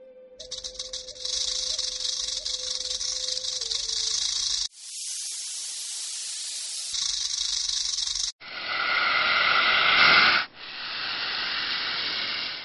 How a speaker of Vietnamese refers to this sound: Tiếng vảy rắn cọ sát cùng với tiếng kim loại chói tai, chỉ có khi rắn thẻ lưỡi nhả tiếng, tất cả đều không giống với bất kỳ loại rắn nào. Âm thanh này rất quen thuộc, chỉ có loại rắn đen tinh tuyệt mới có.